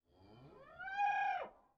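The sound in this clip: Cow bleating, one harmonic call under two seconds that rises and swells, then drops sharply at the end, with a quiet background.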